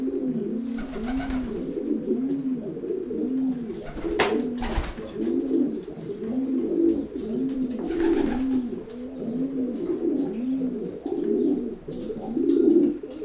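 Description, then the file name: Pigeon cooing, a long run of low, rounded arched coos, with a few brief thumps and rustles. "holub"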